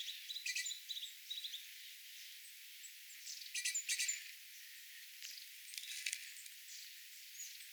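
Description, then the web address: Long-tailed tits calling: clustered buzzy trills and thin high notes in irregular bursts, busiest near the start and around four and six seconds. Calls of a small flock of tits including long-tailed tits, 27 January 2026. "paivat 27 1 2026 pikkulintuparvi pyrstotiais tiaisparven aantelya"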